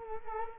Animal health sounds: mosquito wingbeat signal from an infrared sensor; Culex quinquefasciatus

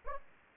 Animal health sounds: mosquito wingbeat signal from an infrared sensor; Anopheles gambiae

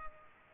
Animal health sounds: mosquito wingbeat signal from an infrared sensor; Culex pipiens

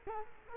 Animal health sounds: mosquito wingbeat signal from an infrared sensor; Culex quinquefasciatus

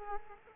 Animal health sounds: mosquito wingbeat signal from an infrared sensor; Aedes aegypti

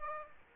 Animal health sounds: mosquito wingbeat signal from an infrared sensor; Aedes aegypti

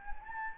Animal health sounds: mosquito wingbeat signal from an infrared sensor; Anopheles gambiae

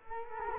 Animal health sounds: mosquito wingbeat signal from an infrared sensor; Culex quinquefasciatus

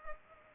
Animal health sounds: mosquito wingbeat signal from an infrared sensor; Culex pipiens

